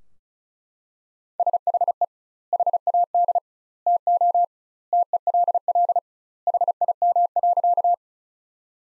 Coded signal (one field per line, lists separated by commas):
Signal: Morse code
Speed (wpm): 36 wpm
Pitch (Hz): 700 Hz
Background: none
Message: SHE HAD TO TELL HIM.